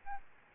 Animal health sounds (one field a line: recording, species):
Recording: mosquito wingbeat signal from an infrared sensor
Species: Aedes albopictus